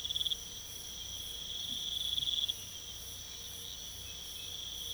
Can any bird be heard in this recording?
no